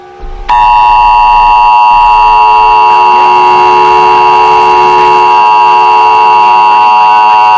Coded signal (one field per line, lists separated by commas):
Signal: Emergency Alert System (SAME) tones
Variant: 853 and 960 Hz attention tone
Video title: EAS Mock - Ice Cold Tornado